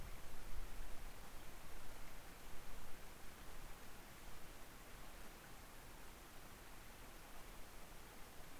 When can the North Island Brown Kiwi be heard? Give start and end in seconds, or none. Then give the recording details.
none. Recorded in New Zealand on 2 November 2013. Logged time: 20:59. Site CV71